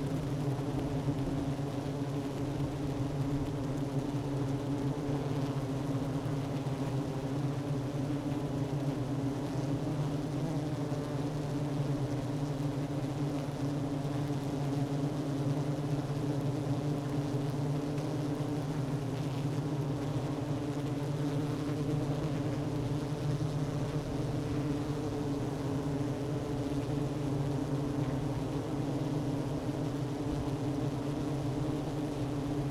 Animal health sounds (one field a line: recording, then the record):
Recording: honeybee colony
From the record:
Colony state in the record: active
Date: 12 June 2018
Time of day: 11:13